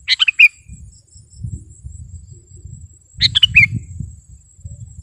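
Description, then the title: Sooty-headed bulbul giving two quick bubbling phrases of descending notes, about three seconds apart, against a constant low rumbling noise. "kutilang"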